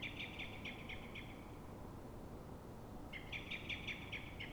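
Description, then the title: Common blackbird alarm call: two bursts of rapid, sharp repeated notes, each lasting about a second and a half, with a pause between them over steady background hiss. Frightened or threatened blackbird at dawn, probably reacting to another blackbird; Pl. de Francisco Escolar, Fuenlabrada, Madrid, Spain; Zoom H1n recorder. "Pl. de Francisco Escolar, 10, 28944 Fuenlabrada, Madrid, España - Mirlo asustado"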